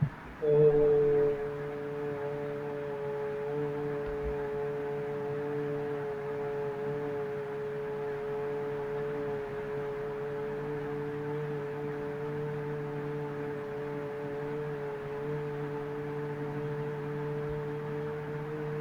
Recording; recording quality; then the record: sustained vowel as in boot; moderate, slight background noise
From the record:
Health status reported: healthy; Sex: male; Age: 25 years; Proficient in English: yes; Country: India